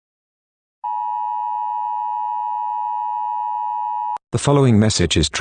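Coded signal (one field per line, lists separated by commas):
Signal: Emergency Alert System (SAME) tones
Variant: 853 and 960 Hz attention tone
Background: speech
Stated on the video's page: Fictional EAS scenario made for entertainment, not a real broadcast alert.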